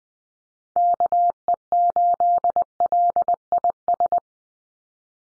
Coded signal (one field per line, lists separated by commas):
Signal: Morse code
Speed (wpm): 20 wpm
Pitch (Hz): 700 Hz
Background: none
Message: KE8LIS